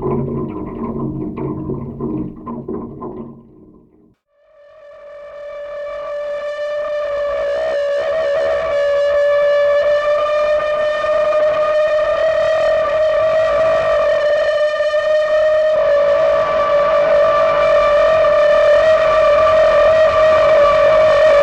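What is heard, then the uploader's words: A railroad switch gas-jet flute opens with about four seconds of a rougher, lower jumble of tones, then falls briefly quiet. A single steady, buzzing whistle tone then swells up and holds to the end, rich with overtones and wavering only slightly in pitch. The Extraordinary Sound of the Railroad Switch Gas-jet Flute. Switch de-icing mechanism on the railroad tracks between King Street and Woodmont Road in Northampton, MA, recorded Winter 1998-99 by Dan Bodah.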